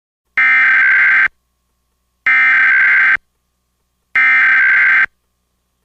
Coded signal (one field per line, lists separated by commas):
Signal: Emergency Alert System (SAME) tones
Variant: header bursts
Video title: EAS Reenactment Mock: Deep Destruction